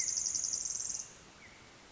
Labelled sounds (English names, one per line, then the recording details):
Pacific Wren
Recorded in Sonoma County, California